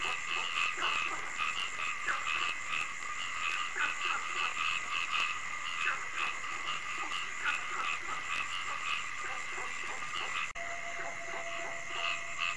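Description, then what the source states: Frog chorus of rapid, overlapping croaks against a continuous shrill hum, with a sudden break near the end and a thin steady tone afterwards. Frogs calling at night.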